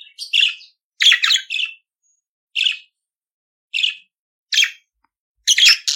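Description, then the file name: Budgerigar chirps: several scratchy bursts spaced about a second apart, ending in a denser buzzy flurry. "Canto do periquito australiano"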